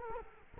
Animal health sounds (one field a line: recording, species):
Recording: mosquito wingbeat signal from an infrared sensor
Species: Culex quinquefasciatus